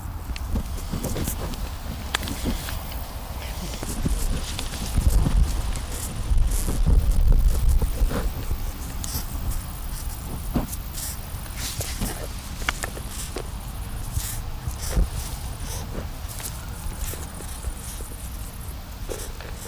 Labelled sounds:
Musk Beetle stridulation
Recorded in captivity
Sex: male
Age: imago
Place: Lübben, Spreewald, Brandenburg, DE
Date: 1997-08-06 17:27
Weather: ca. 24°C, heiter bis wolkig
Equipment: Sony MD-WM MZ-R3, Sennheiser MKH 416 T, Kopie Uher 4000 Report Monitor
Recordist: Tembrock, Günter

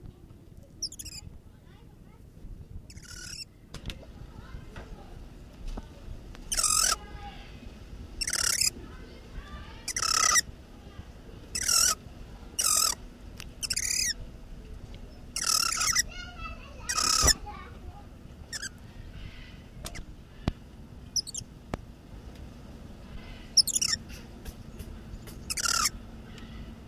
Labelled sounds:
Red-crowned Titi call
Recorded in captivity
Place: Zoopark Erfurt, Thüringen, DE
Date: 1968-10-10
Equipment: Uher 4000 Report-S, Sennheiser MD 421
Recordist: Tembrock, Günter

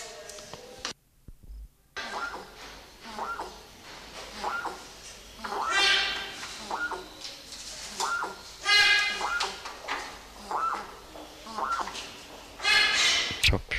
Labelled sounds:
Elegant Crested Tinamou call
Black-and-white-casqued Hornbill
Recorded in captivity
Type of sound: call sequence
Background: Bycanistes subcylindricus
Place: Zoo Berlin, Berlin, DE
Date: 1991-06-03 10:38
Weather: cloudy, 12-15 °C
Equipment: Marantz, Sennheiser ME 80, Kopie Tesla B 116
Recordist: Tembrock, Günter
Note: Bei Tembrock: Schopfsteißhuhn. Lautfolgen und senken (auf Beobachter bezogen)

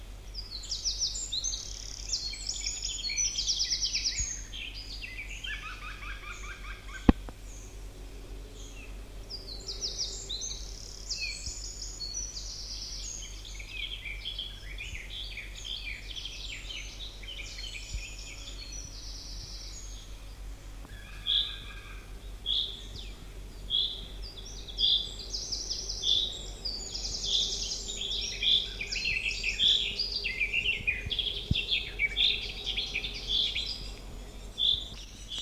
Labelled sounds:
Eurasian Wren
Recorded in the wild
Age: adult
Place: Marburg, DE
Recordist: Brunner, Thomas

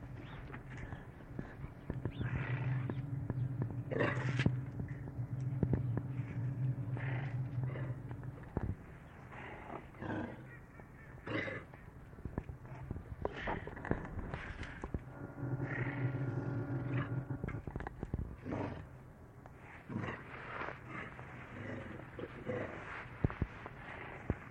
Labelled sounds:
African Wild Dog
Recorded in captivity
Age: juvenile
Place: Zoo Kischinjow, MD
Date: 1983-12-31
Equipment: Riporter 5
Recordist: Frommolt, Karl-Heinz

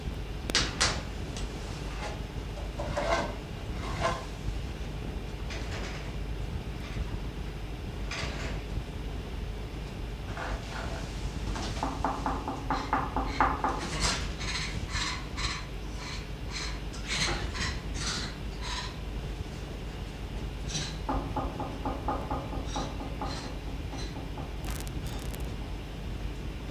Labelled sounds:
Rhesus Monkey
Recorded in captivity
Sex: female
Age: adult
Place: Zoologisches Institut der HUB, Berlin, DE
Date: 1957-03-27 11:00
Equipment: Elmetra
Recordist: Tembrock, Günter

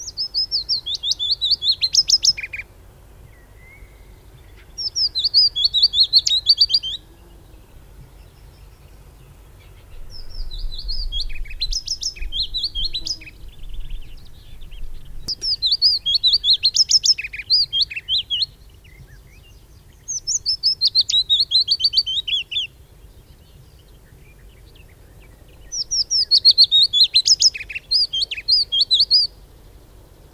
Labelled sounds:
Willow Warbler song
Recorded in the wild
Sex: male
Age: adult
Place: Röttenbach, Bayern, DE
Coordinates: 49.6683, 10.9244
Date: 1963-07-06
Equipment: Vollspur, Original
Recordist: Tretzel, Erwin
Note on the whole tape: Röttenbach C: Fitis: Gesang mit "Amselzetern". Teil a mit Störung durch Kleinflugzeug - Teil b störungsarm

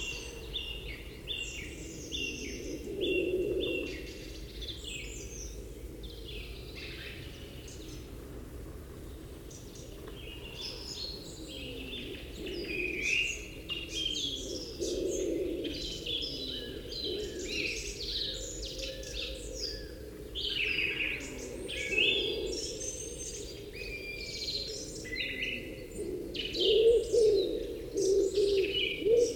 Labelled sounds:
Common Wood Pigeon call
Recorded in the wild
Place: Gingst, Insel Rügen, Mecklenburg-Vorpommern, DE
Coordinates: 54.457, 13.256
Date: 1977-04-08
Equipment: Nagra III BH, Sennheiser MD 21, parabola
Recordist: Schubert, Michael

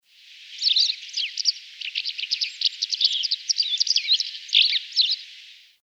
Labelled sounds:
White Wagtail
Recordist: Tembrock, Günter
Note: Gesang

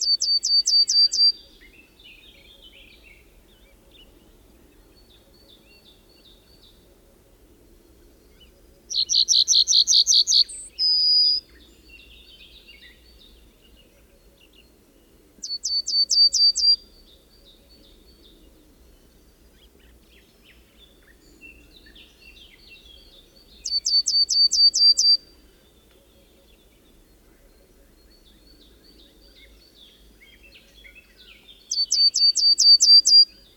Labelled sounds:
Yellowhammer song
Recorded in the wild
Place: Ciucurova, Dobrogea, RO
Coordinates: 44.933, 28.483
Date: 1976-05-30
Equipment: Nagra III BH, Sennheiser MD 21, parabola
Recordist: Schubert, Michael

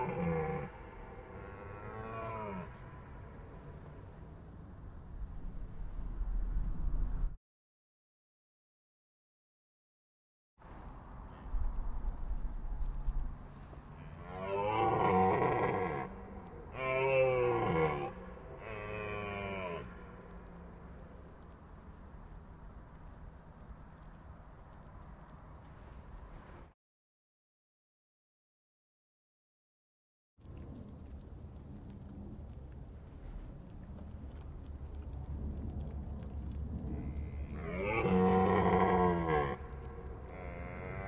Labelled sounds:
Red Deer rut call
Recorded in the wild
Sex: male
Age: adult
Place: Schönow, Naturpark Barnim, Brandenburg, DE
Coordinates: 52.6864, 13.5158
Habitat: heath
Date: 2012-09-30 20:32
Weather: 10°C, clear, windless, full moon
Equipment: Sound Devices 702, Sennheiser MKH 415 T, Rhode Windschutz
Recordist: Frommolt, Karl-Heinz
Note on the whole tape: Naturschutzgebiet Schönower Heide: eingezäunte Fläche mit Rotwild, Damwild und Mufflons: 2032 bis 20:42 Uhr. Rothirschbrunft. Rufe eines Hirsches. Neben dem Hirsch waren noch 6 weibliche Tiere. Entfernung minimal 80 m

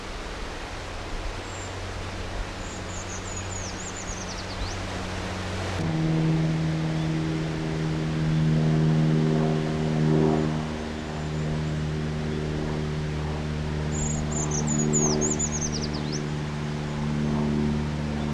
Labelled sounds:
Eurasian Treecreeper
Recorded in the wild
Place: Garmisch-Partenkirchen, Bayern, DE
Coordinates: 47.4975, 11.1294
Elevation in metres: 993
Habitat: mountains
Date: 1980-03-29
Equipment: Uher 4000 Report, Sennheiser MKH 815 T
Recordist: Tretzel, Erwin

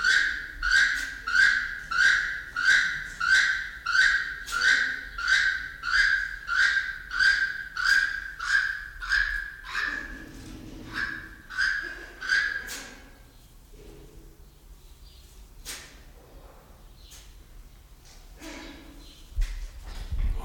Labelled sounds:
Keel-billed Toucan call
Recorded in captivity
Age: adult
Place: Zoo Berlin, Berlin, DE
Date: 1993-06-05 11:02
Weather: 20-25 °C, sonnig
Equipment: Marantz CP 430, Sennheiser ME 80, Kopie Uher Variocord 263
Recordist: Tembrock, Günter
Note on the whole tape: Rufreihe; 6 m

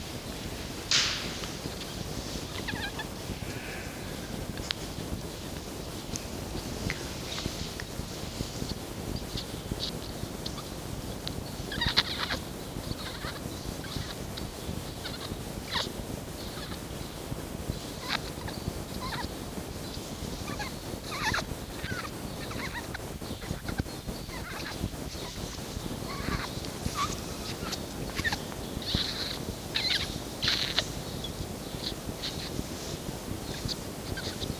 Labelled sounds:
Red Fox
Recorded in captivity
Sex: female
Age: juvenile
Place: Zoologisches Institut der HUB, Berlin, DE
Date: 1953-04-10 12:25
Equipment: Elmetra
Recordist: Tembrock, Günter

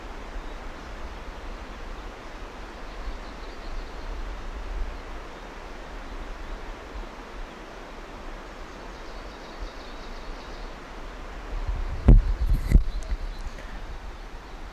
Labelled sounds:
Common Rosefinch song
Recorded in the wild
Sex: male
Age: adult
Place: Paratunka, Kamtschatka, RU
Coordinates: 53.5667, 158.417
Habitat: hornbeam
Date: 1999-06-13 16:46
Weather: cloudy, ca. 15°C, moderate winds
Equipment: Sony WM-D6C, Sennheiser ME 80, K 30 AV Schalter I, Kopie Sony TCD-D8
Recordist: Frommolt, Karl-Heinz

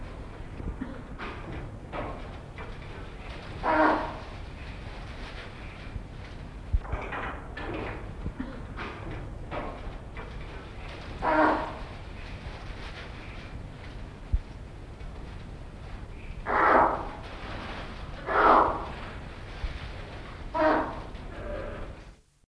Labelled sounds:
Western Reef Heron call
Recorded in captivity
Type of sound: call
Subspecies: schistacea
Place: Zoo Augsburg, Bayern, DE
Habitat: river
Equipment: Halbspur, 9,5 cm/s
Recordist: Lütgens, Hans
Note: Rufe

